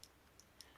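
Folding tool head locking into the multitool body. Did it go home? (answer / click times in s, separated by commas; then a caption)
yes / 0.0 s, 0.4 s, 0.6 s. A folding tool head on a small MKA4 multi-purpose tool, with an alloy body and stainless steel internals, is worked through its locking mechanism and locked into the body. Short, sharp metallic ticks ring out at 0.0, 0.4 and 0.6 seconds over a quiet background. The blade lock clicks into place and the head is seated.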